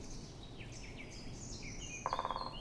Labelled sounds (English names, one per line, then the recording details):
Eurasian Blackcap
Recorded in Germany
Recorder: ecoPi